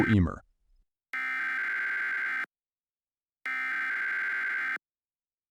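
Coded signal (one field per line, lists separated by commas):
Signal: Emergency Alert System (SAME) tones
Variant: header bursts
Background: speech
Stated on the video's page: Simulated EAS scenario for a tornado warning.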